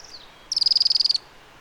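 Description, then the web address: Thorn-tailed rayadito producing a single quick, high-pitched trill of over a dozen evenly spaced notes falling slightly in pitch, after a faint thin whistle. Recorded in Patagonia. "Rayadito. sonidos de la patagonia"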